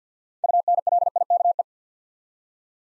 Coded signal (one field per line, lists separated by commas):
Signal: Morse code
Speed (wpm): 48 wpm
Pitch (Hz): 700 Hz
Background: none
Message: UNLIKE